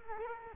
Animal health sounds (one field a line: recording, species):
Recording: mosquito wingbeat signal from an infrared sensor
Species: Culex quinquefasciatus